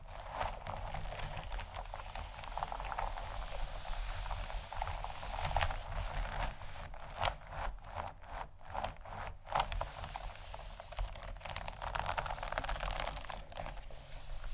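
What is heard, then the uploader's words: Textured bags crinkle and rustle, dense and continuous, with brief choppy bursts and pauses around the middle. ASMR 4 Textured Bags 1 Hour（No Talking）.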